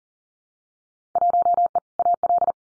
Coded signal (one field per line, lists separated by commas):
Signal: Morse code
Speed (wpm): 40 wpm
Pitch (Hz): 700 Hz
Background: none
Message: 1E AL